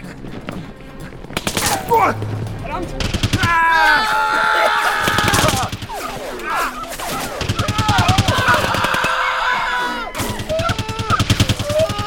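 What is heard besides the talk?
gunfire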